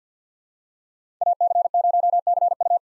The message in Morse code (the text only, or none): AC0CU